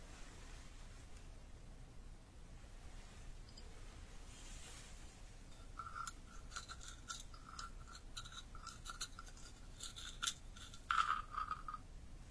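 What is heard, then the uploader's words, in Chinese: Traditional Chinese medicine being prepared and pounded, made as a trigger sound. A soft, steady hiss runs throughout, and from about six seconds crisp, irregular scraping and tapping strikes pile up, with a brighter, sharper knock around eleven seconds. 中医配药、捣药触发音。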